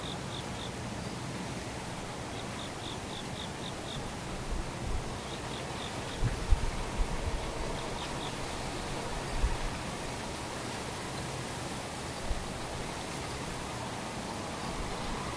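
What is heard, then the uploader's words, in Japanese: A near-silent stretch with a steady soft hiss underneath, broken by short bursts of high, rapid insect chirping that come and go every few seconds. A few faint low thumps and rustles appear around the middle and later on. ほぼ無音 後半ムシ。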